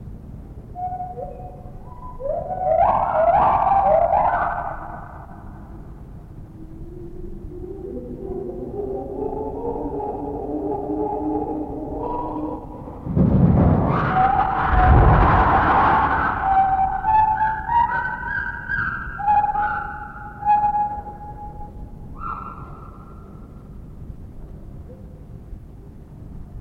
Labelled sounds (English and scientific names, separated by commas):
Lar Gibbon (Hylobates lar)